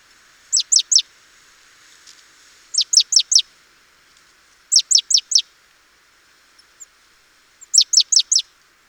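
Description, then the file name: Great tit call series: four tight groups of three to four sharp, high falling notes, spaced two to three seconds apart, with a few faint clicks between. "Parus major"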